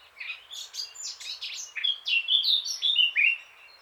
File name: Sylvia atricapilla